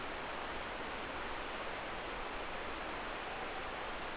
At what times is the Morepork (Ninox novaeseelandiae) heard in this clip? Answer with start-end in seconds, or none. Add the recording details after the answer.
3.20-3.91. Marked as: faintness 5/5. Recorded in New Zealand. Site Eglinton